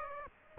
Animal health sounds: mosquito wingbeat signal from an infrared sensor; Aedes aegypti

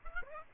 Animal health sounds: mosquito wingbeat signal from an infrared sensor; Aedes aegypti

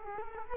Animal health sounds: mosquito wingbeat signal from an infrared sensor; Culex quinquefasciatus

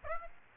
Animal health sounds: mosquito wingbeat signal from an infrared sensor; Aedes aegypti

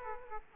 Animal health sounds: mosquito wingbeat signal from an infrared sensor; Aedes aegypti

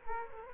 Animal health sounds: mosquito wingbeat signal from an infrared sensor; Culex quinquefasciatus

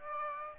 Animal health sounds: mosquito wingbeat signal from an infrared sensor; Aedes aegypti

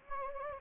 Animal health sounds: mosquito wingbeat signal from an infrared sensor; Anopheles gambiae

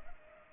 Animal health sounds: mosquito wingbeat signal from an infrared sensor; Culex pipiens

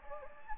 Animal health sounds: mosquito wingbeat signal from an infrared sensor; Anopheles gambiae

